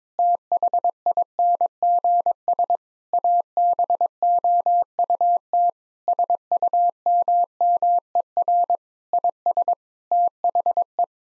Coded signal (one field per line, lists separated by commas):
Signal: Morse code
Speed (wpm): 22 wpm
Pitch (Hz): 700 Hz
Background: none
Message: THINGS ABOUT SUMMER IS THE